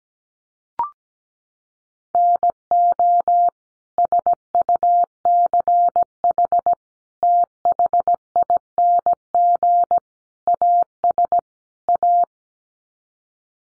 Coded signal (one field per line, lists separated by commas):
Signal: Morse code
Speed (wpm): 17 wpm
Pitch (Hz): 700 Hz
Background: none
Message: NO SUCH THING AS A